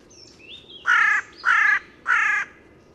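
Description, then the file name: Carrion crow giving three hoarse, grating caws spaced roughly half a second apart, preceded by soft high whistles of a smaller bird. "Corvus corone"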